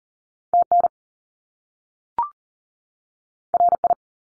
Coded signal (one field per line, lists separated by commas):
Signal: Morse code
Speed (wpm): 38 wpm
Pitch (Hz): 700 Hz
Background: none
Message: TN RI